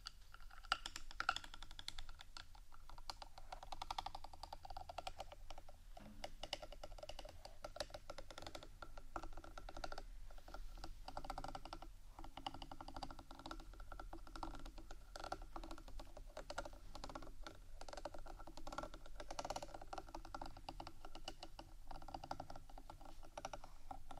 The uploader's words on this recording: ASMR Rhinestone Embellished 3dio Mic Scratchingtapping（No Talking）.